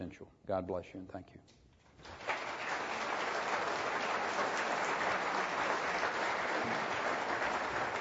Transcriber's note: applause